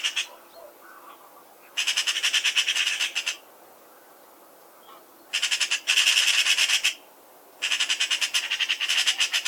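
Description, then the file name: Eurasian magpie chattering in three separate harsh, machine-gun rattles, each lasting one to two seconds and separated by quiet gaps. "Pica pica"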